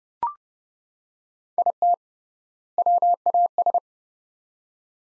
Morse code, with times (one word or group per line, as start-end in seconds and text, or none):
1.6-1.9 IT
2.8-3.8 WAS